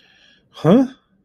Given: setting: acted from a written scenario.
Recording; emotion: vocal sound without words; confusion